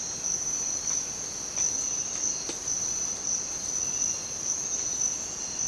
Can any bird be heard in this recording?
no